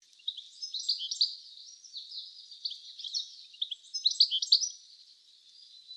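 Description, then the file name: European goldfinch delivering a fast, tinkling chatter of short chirps and thin trills, loudest toward the end before fading away. "Carduelis carduelis"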